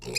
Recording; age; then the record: pig call; weaner (32 to 43 days)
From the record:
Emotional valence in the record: negative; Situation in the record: short isolation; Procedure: open field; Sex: female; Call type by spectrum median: high-frequency call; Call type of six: mixed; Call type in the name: high-frequency modulated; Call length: 0.18 s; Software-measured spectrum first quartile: 1326 Hz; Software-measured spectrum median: 3503 Hz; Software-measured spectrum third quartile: 5775 Hz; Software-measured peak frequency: 2489 Hz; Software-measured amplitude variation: 155 dB a second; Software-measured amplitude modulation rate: 21.9 a second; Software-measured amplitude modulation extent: 7.1 dB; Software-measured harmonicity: 4.5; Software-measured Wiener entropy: -2.97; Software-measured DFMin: 1513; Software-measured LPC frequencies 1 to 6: 445, 2502, 4305, 4973, 5840, 7446 Hz